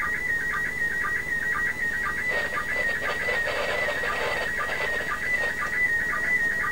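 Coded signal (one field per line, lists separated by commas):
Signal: SSTV (slow-scan television)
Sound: warbling high tone around 2 kHz with rapid regular low chirps, through hiss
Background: radio static, room noise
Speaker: So we're probably going to get 2 pictures out of this.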